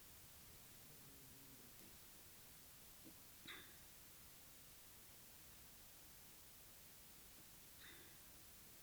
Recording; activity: daily activity, guitar pickup as the sensor; drink water